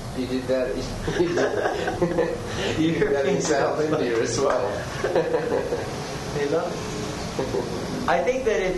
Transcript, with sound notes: He did that. [laughing] You did that in South India as well.
I think that if...